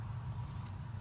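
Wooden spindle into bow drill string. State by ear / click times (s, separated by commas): not seated / none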